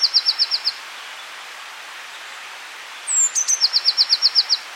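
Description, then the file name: Eurasian blue tit song, a rapid high trill of short repeated notes, then after a silent gap a thin sliding introductory note leading into another longer trill. "Cyanistes caeruleus"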